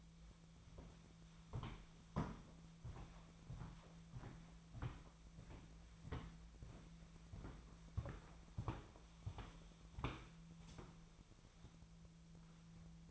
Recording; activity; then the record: daily activity, microphone in the room; walk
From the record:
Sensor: 1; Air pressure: 1008.3 hPa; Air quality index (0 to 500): 190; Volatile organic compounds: 17 ppm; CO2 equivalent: 2574 ppm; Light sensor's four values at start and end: 17/43/17/20 and 18/46/18/21